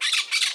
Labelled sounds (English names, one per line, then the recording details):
Brown-throated Parakeet contact call
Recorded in Margarita
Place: San Francisco, near stadium
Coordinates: 11.018, -64.294